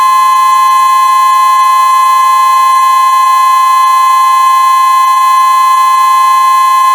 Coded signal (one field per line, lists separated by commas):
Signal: Emergency Alert System (SAME) tones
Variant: 1050 Hz attention tone